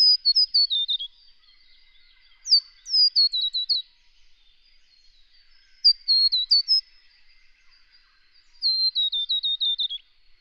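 Scarlet honeyeater repeating high, bell-like descending phrases of five to eight quick notes roughly every three seconds.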